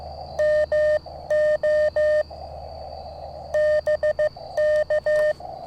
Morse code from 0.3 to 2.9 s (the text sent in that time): MO